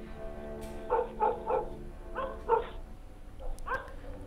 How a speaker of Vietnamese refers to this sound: Thỉnh thoảng có nghe tiếng chó sủa vu vơ ở đâu đó, văng vẳng như là tiếng chó cân ma ở bên kia cánh đồng.